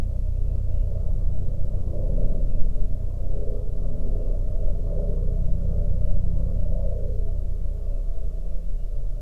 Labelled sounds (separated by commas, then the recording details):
aircraft, weather or water
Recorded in the Prudhoe Bay oil fields, Alaska, on 17 July 2019 at 09:26
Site 16